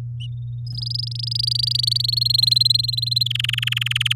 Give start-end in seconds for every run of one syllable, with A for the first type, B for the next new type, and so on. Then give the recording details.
0.67-2.02 A, 2.04-3.23 B, 3.26-4.13 C. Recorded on 8 May 2018 at 13:21. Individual llb16